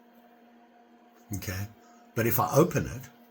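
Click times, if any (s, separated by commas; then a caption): none. Someone talks while handling an Opinel Neo No 6 folding knife from before 1955, whose metal lock ferrule rotates and locks only when the blade is open, not when closed. The clip ends before the ferrule is turned into the locked position, so nothing has seated or clicked yet.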